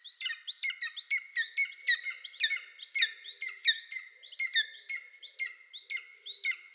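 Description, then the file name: Golden eagle calling in a steady series of sharp, downslurred yelping notes, about two each second, with fainter overlapping notes behind. "Golden Eagle - Aquila chrysaetos"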